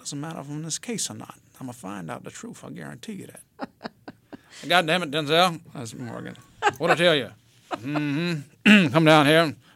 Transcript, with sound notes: doesn't matter if I win this case or not. I'm a find out the truth. I'll guarantee you that.
(LAUGHTER)
Goddamn it, Denzel! That's Morgan. What'd I tell ya? Mm-hmm. Come down here